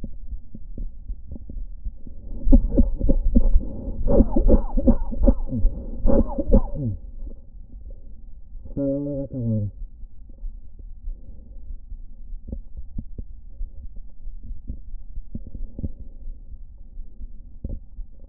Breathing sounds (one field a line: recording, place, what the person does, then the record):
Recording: lung sounds by stethoscope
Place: right anterior apical chest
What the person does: quiet breathing, then cough and speech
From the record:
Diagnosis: COPD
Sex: male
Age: 59 years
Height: 171 cm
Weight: 91.4 kg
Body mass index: 31.3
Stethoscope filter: diaphragm mode